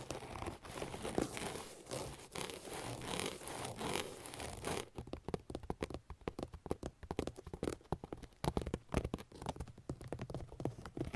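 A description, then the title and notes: Dense fingernail scratching fills the first five seconds, then gives way to quick, crisp nail tapping. ASMR Sleep Triggers - Brain Melting Scratching , Tapping , Massage Long Nails No Talking.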